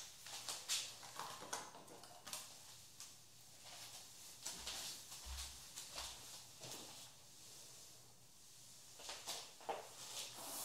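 A haircut, with repeated crisp snips and brushing sounds scattered throughout, bright and hissy up high. The cuts come in irregular bursts, busier in the first half and again near the end. A few low thuds appear around the middle, and no one speaks.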